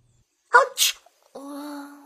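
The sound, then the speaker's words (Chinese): A child's quick sneeze inside a tent in the audio drama Longtu Case Files, a sharp breathy intake snapping into a hissing burst, followed after a short pause by a steady, sustained tone. “小四子突然扬起脸打了个喷嚏，公孙此时正皱着眉头坐在帐篷外边等着，听到喷嚏的声音，探头往帐篷里看，就见萧良正给小四子盖被子，而小四子翻了个身接着睡。”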